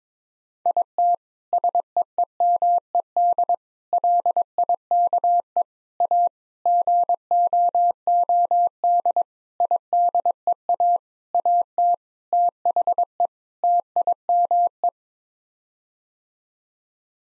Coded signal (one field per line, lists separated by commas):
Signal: Morse code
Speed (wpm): 22 wpm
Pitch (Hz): 700 Hz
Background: none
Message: IT SEEMED LIKE A GOOD IDEA AT THE TIME